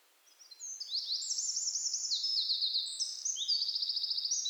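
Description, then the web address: Eurasian wren song, a loud rapid run of high buzzy trills and sharp notes, rising in intensity and ending in a fast rattling trill, with no other sounds. "SETE Troglodytes troglodytes"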